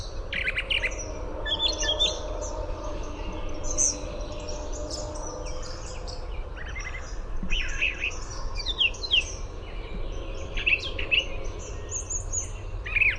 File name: BRTH song